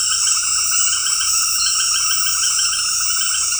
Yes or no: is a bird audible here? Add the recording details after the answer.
no. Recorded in dense forest near Puerto Asís, Putumayo, Colombia, on 19 February 2024 at 20:30. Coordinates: 0.484, -76.317. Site G6464